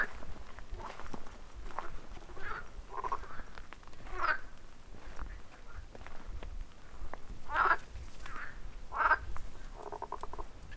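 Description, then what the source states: Frogs croaking in a loose chorus: short, rasping bursts at irregular intervals over a low steady background rumble. Frogs recorded at Kalamos.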